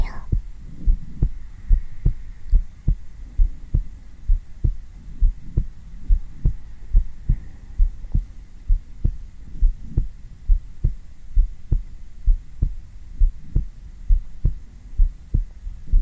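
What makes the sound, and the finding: Heart, binaural microphone on bare skin. Normal heartbeat.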